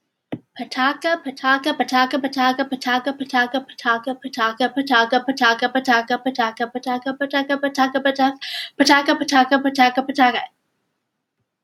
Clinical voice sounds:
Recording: repeated syllables /pa ta ka/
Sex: female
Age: 30 to 39 years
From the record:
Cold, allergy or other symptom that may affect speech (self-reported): no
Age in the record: 32 years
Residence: Nevada, United States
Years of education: 16

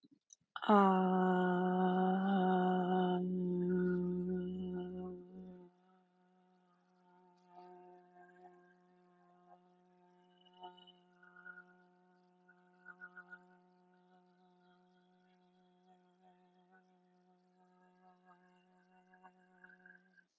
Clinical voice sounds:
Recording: vowel held as long as possible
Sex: female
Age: 18 to 19 years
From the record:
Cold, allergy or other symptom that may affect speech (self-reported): no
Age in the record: 19 years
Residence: California, United States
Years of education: 13

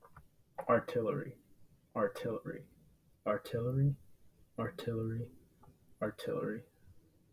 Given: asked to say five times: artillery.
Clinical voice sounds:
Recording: repeated word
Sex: male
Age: 20 to 29 years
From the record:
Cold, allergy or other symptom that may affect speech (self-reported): no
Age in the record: 23 years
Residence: Virginia, United States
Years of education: 16

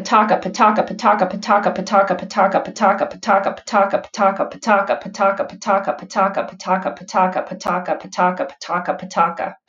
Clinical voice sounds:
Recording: repeated syllables /pa ta ka/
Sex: female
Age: 40 to 49 years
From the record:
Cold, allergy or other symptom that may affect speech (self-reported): no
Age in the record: 45 years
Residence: Colorado, United States

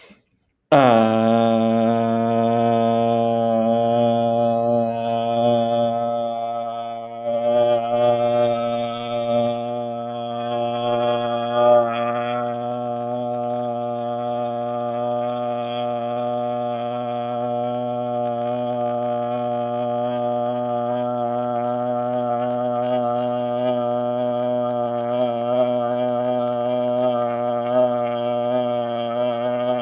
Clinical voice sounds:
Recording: vowel held as long as possible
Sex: male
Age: 40 to 49 years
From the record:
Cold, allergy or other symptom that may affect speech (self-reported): no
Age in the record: 43 years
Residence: Alabama, United States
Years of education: 16

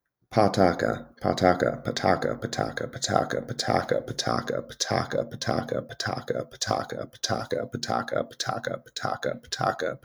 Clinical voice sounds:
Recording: repeated syllables /pa ta ka/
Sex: male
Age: 20 to 29 years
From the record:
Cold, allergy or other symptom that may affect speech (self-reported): no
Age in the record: 27 years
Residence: Georgia, United States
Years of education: 16

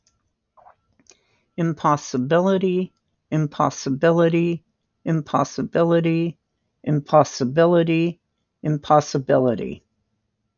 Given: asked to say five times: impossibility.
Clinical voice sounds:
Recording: repeated word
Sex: female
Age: 60 to 69 years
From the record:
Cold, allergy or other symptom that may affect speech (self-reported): no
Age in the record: 65 years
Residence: Washington, United States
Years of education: 12

